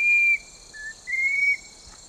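Chestnut-breasted cuckoo giving clear, drawn-out whistles, a long level note dipping at its end, then a lower short note and a higher level whistle, over steady insect buzzing.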